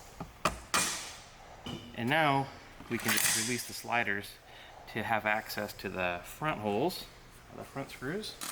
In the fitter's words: it'll just pop into place. With that, you can just tap it into place.